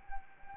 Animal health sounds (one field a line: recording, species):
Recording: mosquito wingbeat signal from an infrared sensor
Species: Anopheles arabiensis